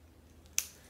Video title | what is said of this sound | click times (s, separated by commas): PURSE SALE! + America's Thrift Supply Purse Box UNBOXING! | pull them see how I'm pulling them and then you snap the snaps into place | 0.6 s